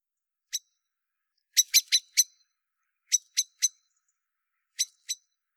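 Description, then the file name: Common blackbird calls, sharp high clicking notes given singly and in quick runs of two to four, with silent gaps between. "Turdus merula"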